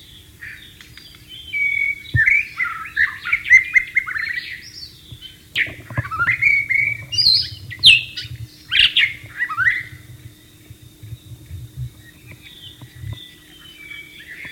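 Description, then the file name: White-rumped shama singing a long, varied run of fluty whistles, trills and sharp, clipped notes, with brief pauses between bursts and a constant low hum behind. Wild bird, in the wild. "suara burung murai batu di alam liar"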